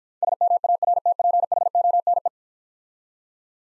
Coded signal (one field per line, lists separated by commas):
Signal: Morse code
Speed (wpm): 52 wpm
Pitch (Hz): 700 Hz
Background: none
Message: SMARTPHONE